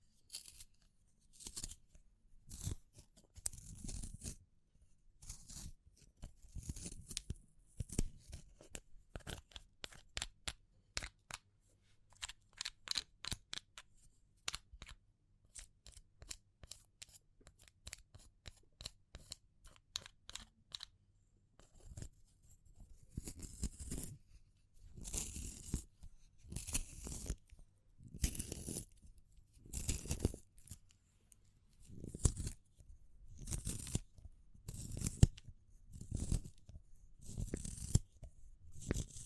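Wood, bamboo and straw crackle and rustle in sharp, irregular bursts, quick clicks giving way after twenty seconds to longer, bristly scratching strokes.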